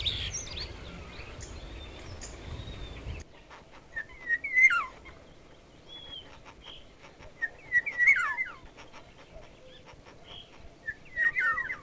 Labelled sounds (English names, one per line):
European Starling